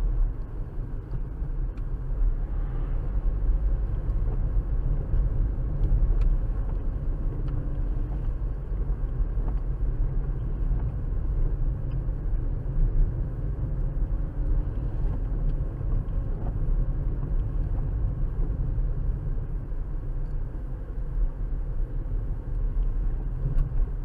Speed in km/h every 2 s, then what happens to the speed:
45, 47, 47, 47, 47, 45, 45, 48, 47, 45, 44, 42.
0-24 steady at about 45.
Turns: none.